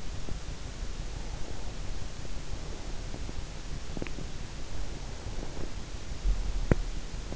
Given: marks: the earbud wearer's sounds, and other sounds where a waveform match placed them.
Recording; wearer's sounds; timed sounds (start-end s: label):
sounds in sleep by an in-ear microphone; breath, teeth grinding
0.86-3.53 s: breath
4.83-7.36 s: breath
6.13-7.04 s: teeth grinding